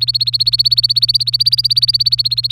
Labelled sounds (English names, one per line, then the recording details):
Domestic Canary song
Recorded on 24 April 2018 at 18:09
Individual llb3